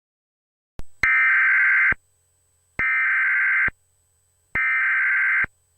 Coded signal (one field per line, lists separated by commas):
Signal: Emergency Alert System (SAME) tones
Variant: header bursts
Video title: EAS Scenario: Angels [Part 1]